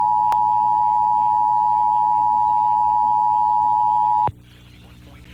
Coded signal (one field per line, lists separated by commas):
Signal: Emergency Alert System (SAME) tones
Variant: 853 and 960 Hz attention tone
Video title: Child Abduction Emergency on WFGY (6/5/22)(EAS 1186)